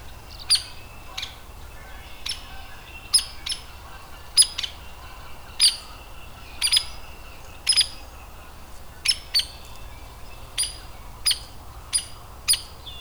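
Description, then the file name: Hairy woodpecker calling a loud, sharp peek again and again, many abrupt notes at uneven intervals, some in quick pairs. Adult bird. "Hairy WPAdult"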